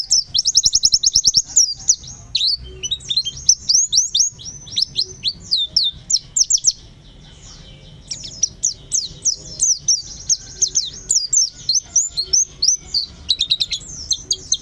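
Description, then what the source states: White-eye song: long, busy stream of shrill twittering and fast chattering trills, pausing once midway before resuming just as densely. Long, melodious song.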